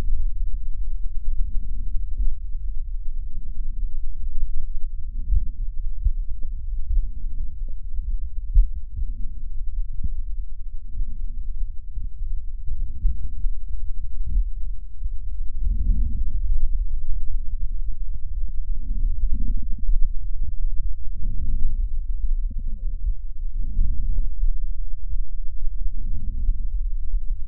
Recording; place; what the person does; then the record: lung sounds by stethoscope; left posterior basal chest; quiet breathing, then deep breathing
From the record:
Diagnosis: interstitial lung disease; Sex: female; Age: 68 years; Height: 152 cm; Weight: 76 kg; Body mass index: 32.9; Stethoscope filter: bell mode